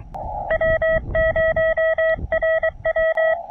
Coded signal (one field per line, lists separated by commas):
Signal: Morse code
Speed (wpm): 21 wpm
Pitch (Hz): 690 Hz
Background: none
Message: W0RW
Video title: SOTA Signals from Signal Butte